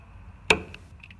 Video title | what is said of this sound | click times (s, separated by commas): Fuel filter change in Ford F-150. | click that you just heard means that it's setting in all the way | 0.5 s